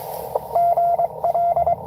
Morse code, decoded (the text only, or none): GL